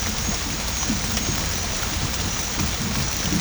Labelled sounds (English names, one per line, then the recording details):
none
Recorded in pastures near Puerto Asís, Putumayo, Colombia, on 18 December 2024 at 23:30
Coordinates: 0.502, -76.324
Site G077